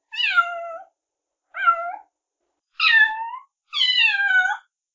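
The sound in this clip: Cat: kitten giving four plaintive meows with silence between calls.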